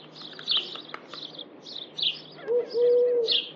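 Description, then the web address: Bird calls, bursts of high scratchy chirps in uneven runs, followed by a long level low tone near the end. "Deverinetal. Bird Only"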